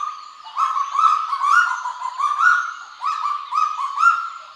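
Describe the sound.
Kagu giving repeated rising, slurred notes in quick bursts, with rich harmonics and an uneven, rolling rhythm throughout.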